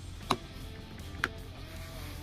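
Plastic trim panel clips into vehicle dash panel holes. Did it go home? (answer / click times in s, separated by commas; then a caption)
yes / 0.3 s, 1.2 s. A plastic trim panel is aligned and pressed firmly into a vehicle dash panel so its clips go into the holes. Two sharp pops are heard at 0.3 s and 1.2 s over a low steady hum. The trim panel clips seat in place.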